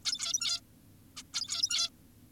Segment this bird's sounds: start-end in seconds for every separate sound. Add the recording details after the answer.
0.05-0.61, 1.17-1.23, 1.34-1.90. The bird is an adult. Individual g17y2U